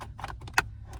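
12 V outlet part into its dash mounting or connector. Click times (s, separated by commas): 0.6 s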